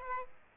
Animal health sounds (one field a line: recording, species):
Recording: mosquito wingbeat signal from an infrared sensor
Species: Aedes aegypti